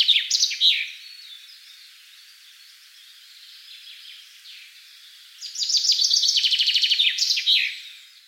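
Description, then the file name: Common chaffinch song: a phrase's end at the start, soft twittering through the middle, then a full series of repeated notes with a terminal flourish from 5.4 seconds. "Fringilla coelebs"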